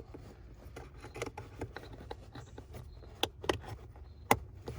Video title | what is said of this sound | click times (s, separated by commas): Installing A Throttle Response Controller (RoarPedal!) | And it's just going to click right in there. | 4.3 s